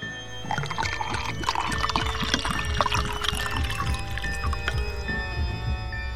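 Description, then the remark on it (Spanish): A drink is poured steadily for about six seconds, a continuous splashing gurgle with small bubbling pops, its pitch rising slightly as the glass fills. No voices accompany it. “Bueno, será mejor que echemos otro trago.”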